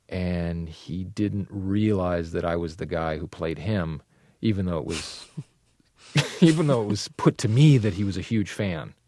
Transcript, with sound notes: and he didn't realize that I was the guy who played him, even though it was...
(SOUNDBITE OF LAUGHTER)
...even though it was put to me that he was a huge fan.